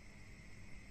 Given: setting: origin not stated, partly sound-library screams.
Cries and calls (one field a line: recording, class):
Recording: one-second piece from a danger detection set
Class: normal situation